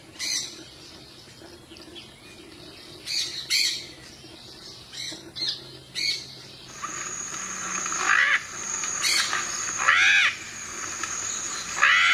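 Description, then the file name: Yellow-collared macaw calls in harsh, grating screeches, building in the second half with several loud bursts, over a steady high insect drone. "canto da maracana de colar"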